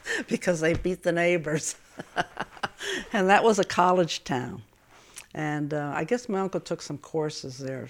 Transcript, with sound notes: because they beat the neighbors. (she laughs) And that was a college town. And I guess my uncle took some courses there.